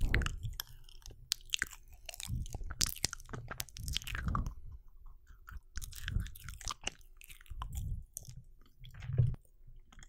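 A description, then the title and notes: Wet mouth sounds: chewing and biting with sharp crunchy clicks scattered throughout, and soft low thumps of the jaw under each bite. The pace is irregular, with bursts every second or so and brief quiet gaps, and a faint steady hum sits beneath. ULTRA HD MOUTH SOUNDS.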